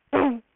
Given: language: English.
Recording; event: throat vibration sensor signal played as sound; throat clearing